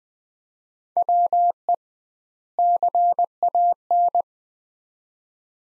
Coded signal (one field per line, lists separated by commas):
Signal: Morse code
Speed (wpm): 20 wpm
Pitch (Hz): 700 Hz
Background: none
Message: WE CAN